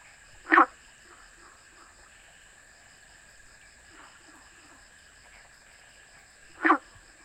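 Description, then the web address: Frog calls: two short harsh croaks several seconds apart, with a faint softer call between them and a steady high hum in the background. Recorded 7 July 2013. "frog rec 2013070702"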